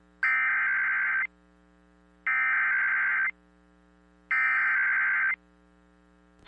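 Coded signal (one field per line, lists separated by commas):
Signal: Emergency Alert System (SAME) tones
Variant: header bursts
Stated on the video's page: Real EAS alerts from a severe weather day, including relays from Missoula, Butte and Great Falls.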